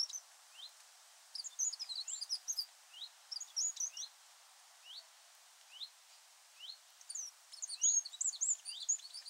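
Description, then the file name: Eurasian wren with bursts of high, scratchy chattering notes alternating with short rising upslurred notes, then another busy burst near the end. "Troglodytes troglodytes"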